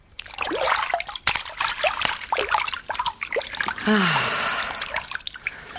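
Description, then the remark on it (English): Water in a bubble bath drips and plinks in a quick, irregular series of bright, pitch-bending plops, then gives way to a steadier rushing trickle, with no talking. “Good to have a bath after shock. Plenty of bubbles.”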